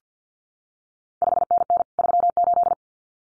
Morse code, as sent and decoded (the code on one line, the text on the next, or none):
..... -. -. / ...-- ---..
5NN 38